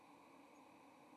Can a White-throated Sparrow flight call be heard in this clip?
no